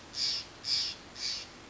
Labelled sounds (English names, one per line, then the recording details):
Steller's Jay
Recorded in Sonoma County, California